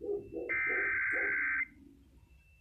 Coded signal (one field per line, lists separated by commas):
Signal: Emergency Alert System (SAME) tones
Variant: header bursts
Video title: Required Monthly Test - WWF56 - EAS #6